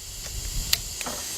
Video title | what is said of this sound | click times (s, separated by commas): ⭐ 2002 Dodge Stratus - 2.4 - Timing Belt - Water pump - Part 3 | if I push it on till we hear a little click that we know we're in place | 0.7 s